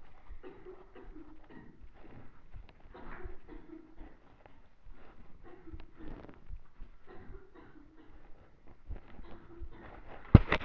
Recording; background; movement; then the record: deep breathing; a bystander coughing; walking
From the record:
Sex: female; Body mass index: 21.8 kg/m2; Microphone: on the chest, facing the body